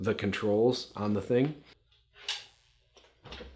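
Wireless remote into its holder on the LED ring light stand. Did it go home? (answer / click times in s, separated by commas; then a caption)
yes / 2.3 s. A wireless remote is placed into its holder on a YONGNUO YN608 Bi-Color LED ring light stand and locks in place. Someone talks, then a sharp click at 2.3 s marks the remote seating in the holder, with a softer knock following at 3.3 s.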